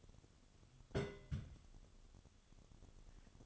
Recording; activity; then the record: daily activity, microphone in the room; place on stove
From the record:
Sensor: 4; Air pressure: 1008.8 hPa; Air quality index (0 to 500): 121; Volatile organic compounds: 1 ppm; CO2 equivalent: 891 ppm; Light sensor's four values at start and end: 10/23/9/8 and 10/24/9/9